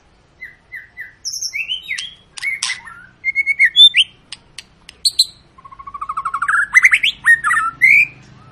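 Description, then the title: White-rumped shama singing a varied sequence: short repeated whistled notes, then sharp chips and a long rapid rising series of notes building toward the end. Long, lively lure song of a white-rumped shama, used to prompt other birds to sing. "Pancingan Murai Batu Gacor Panjang"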